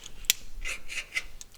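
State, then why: Seated. The front lock latch on the soft-top frame of a Mercedes R129 SL-Class convertible is closed fully, giving one loud, sharp metallic hit at 0.3 s. Several softer rubbing scrapes follow, with a faint tick near 1.4 s. The latch is confirmed fully closed and seated, with its lever releasing the micro switch.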